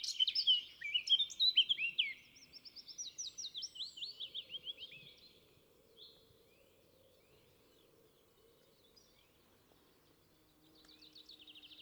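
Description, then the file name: Eurasian blackcap singing a loud, fast warble, then a softer run of quick repeated notes that fades out, followed by quiet and a brief return of song. "Sylvia atricapilla"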